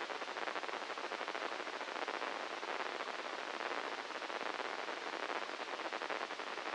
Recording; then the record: brain microelectrode recording played as sound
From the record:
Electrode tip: inside the subthalamic nucleus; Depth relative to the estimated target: -5 mm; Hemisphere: left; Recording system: NeuroSet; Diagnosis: Parkinson's disease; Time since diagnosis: 10 years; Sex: male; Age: 56 years